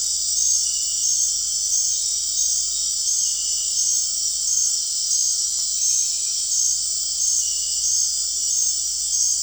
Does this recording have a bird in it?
no